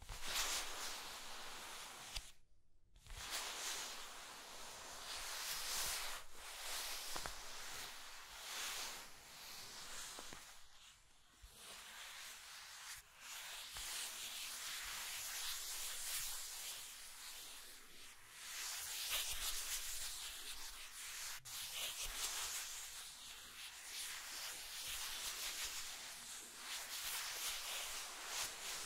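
Scratching and tracing, a dense, hissy rubbing that runs almost without pause for the whole half minute, bright and gritty with little low end. It surges and eases in uneven strokes, with brief silent breaks near 2 and 11 seconds.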